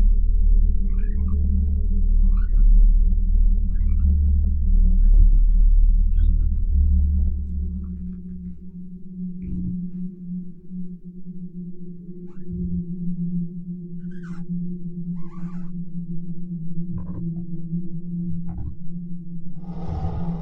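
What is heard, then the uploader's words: An exoplanet ambience built on a steady, droning low hum with a deep rumble that fades out after about seven seconds. Short, eerie chirps and whistling calls rise above it every second or two, and a brief rushing burst arrives at the very end. Alien planet | Exoplanet Ambience.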